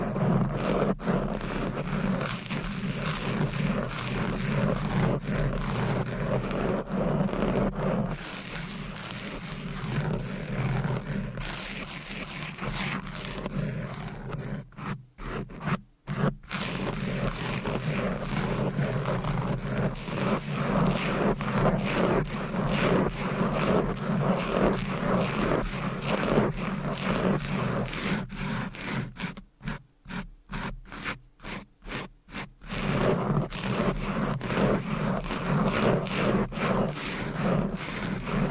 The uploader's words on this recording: ASMR Fast & Aggressive Mic Scratching with 20 DIFFERENT MICS Covers & Nails No Talking for Sleep.